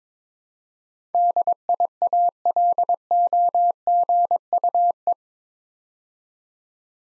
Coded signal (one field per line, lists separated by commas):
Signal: Morse code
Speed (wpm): 23 wpm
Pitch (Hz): 700 Hz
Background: none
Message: DIALOGUE